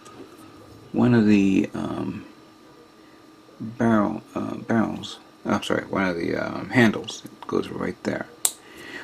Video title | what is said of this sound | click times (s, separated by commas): *BandaiModels* 30MM 1/144 BEXM-2 Gardonova & Multi Backpack set - Part 1 | snaps into place like so and you can flip it up like that inside and then take it out | 8.5 s